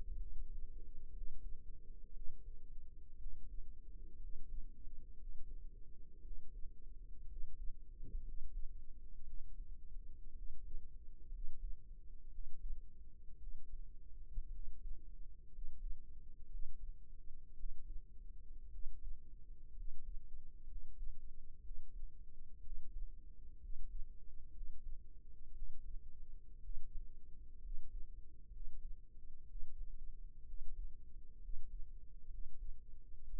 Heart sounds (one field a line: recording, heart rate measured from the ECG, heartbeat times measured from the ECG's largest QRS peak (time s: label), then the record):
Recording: heart sounds by microphone in the right ear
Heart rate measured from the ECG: 60 bpm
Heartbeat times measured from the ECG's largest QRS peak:
0.15 s: heartbeat
1.11 s: heartbeat
2.12 s: heartbeat
3.17 s: heartbeat
4.17 s: heartbeat
5.15 s: heartbeat
6.21 s: heartbeat
7.26 s: heartbeat
8.22 s: heartbeat
9.24 s: heartbeat
10.33 s: heartbeat
11.29 s: heartbeat
12.28 s: heartbeat
13.37 s: heartbeat
14.49 s: heartbeat
15.49 s: heartbeat
16.47 s: heartbeat
17.54 s: heartbeat
18.69 s: heartbeat
19.73 s: heartbeat
20.65 s: heartbeat
21.61 s: heartbeat
22.60 s: heartbeat
23.58 s: heartbeat
24.51 s: heartbeat
25.53 s: heartbeat
26.60 s: heartbeat
27.60 s: heartbeat
28.50 s: heartbeat
29.46 s: heartbeat
30.44 s: heartbeat
31.39 s: heartbeat
32.28 s: heartbeat
33.24 s: heartbeat
From the record:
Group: healthy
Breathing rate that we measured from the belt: 16 breaths a minute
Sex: male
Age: 22 years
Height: 181 cm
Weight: 79 kg